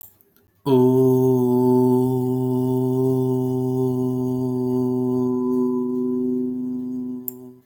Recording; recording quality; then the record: sustained vowel as in boot; excellent, no background noise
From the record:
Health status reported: healthy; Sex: male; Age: 34 years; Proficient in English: yes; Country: India